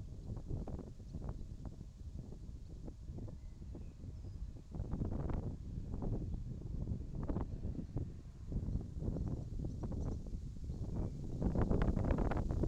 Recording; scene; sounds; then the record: everyday scene through a hearing-aid microphone; wind on the microphone; wind, birds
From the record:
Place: in front of a rural house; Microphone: in the ear canal, left